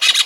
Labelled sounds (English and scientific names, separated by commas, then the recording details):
Brown-throated Parakeet (Eupsittula pertinax) contact call
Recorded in Venezuela
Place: Guárico; Corozopando; Fundo La Fe
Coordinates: 8.506, -67.593